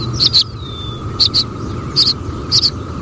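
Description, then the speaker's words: Tree swallow chitter calls: four short paired high twittering notes, spaced well apart, over a steady hum and background noise. Tree swallows flying over an open field while feeding, giving chitter calls, talking to each other as they feed. "So what I'm playing for you is the first call is just tree swallows flying over an open field feeding."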